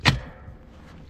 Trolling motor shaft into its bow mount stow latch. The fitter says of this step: τη φέρνω πίσω στη θέση της για να κουμπώσει λοιπόν